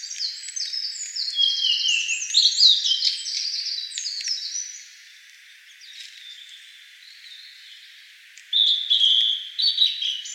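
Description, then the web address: Blue-and-white flycatcher song: a rich run of varied whistled phrases, some rising and falling, growing quieter after about five seconds, then louder warbled phrases near the end. Song recorded on 26 May 2013. "birdenaga ooruri"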